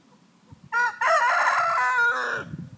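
Chicken crowing: one loud harmonic cock-a-doodle-doo lasting almost two seconds, a brief opening note then a long sustained strained tone that drops at the end, over faint low rumbling.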